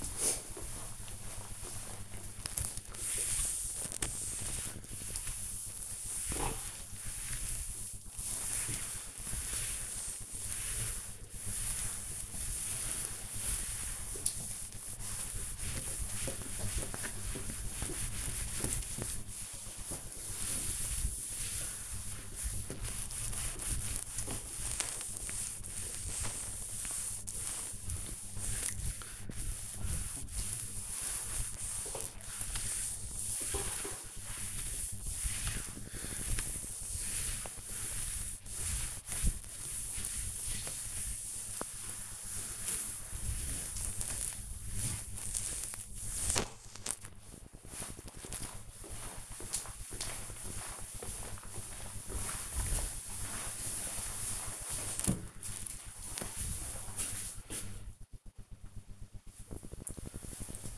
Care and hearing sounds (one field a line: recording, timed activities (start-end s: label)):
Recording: household activities, microphone on the right wrist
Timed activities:
0.00-46.84 s: cleaning table